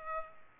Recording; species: mosquito wingbeat signal from an infrared sensor; Culex pipiens